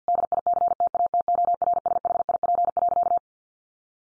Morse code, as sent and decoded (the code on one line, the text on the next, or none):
-.. .. -.-. - .- - --- .-. ... .... .. .--. .-.-.-
DICTATORSHIP.